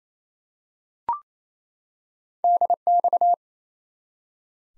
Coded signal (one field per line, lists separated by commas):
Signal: Morse code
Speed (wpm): 28 wpm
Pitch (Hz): 700 Hz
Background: none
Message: DX